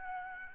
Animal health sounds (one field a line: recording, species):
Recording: mosquito wingbeat signal from an infrared sensor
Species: Aedes albopictus